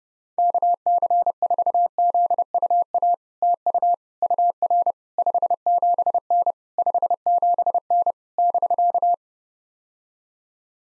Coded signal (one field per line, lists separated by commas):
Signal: Morse code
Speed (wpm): 30 wpm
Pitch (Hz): 700 Hz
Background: none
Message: KC4ZUA TU UR 57N 57N <BK>